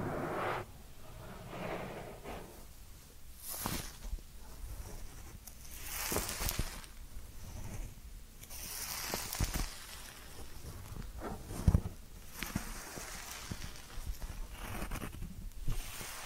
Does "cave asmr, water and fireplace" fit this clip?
no